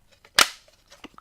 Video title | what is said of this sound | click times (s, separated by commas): Dave Stanton live! Win a Radius template Viewers projects Hangout | quite easy to pop it on clicks | 0.4 s